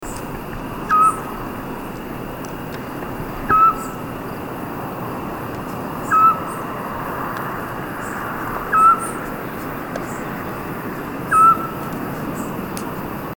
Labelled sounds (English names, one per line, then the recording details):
Eurasian Scops Owl
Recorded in the wild
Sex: male
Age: adult
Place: Tiuccia, Corsica, FR
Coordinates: 42.0703, 8.73083
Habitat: urban place
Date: 2011-07-18 23:48
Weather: 20°C, clear, almost windless
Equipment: Fostex FR2-LE, Sennheiser ME66, Popschutz
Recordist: Frommolt, Karl-Heinz
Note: Campingplatz U Sommalu: Rufe einer Zwergohreule. Im Hintergrund leise ein zweites Tier. Z. T. Straßenlärm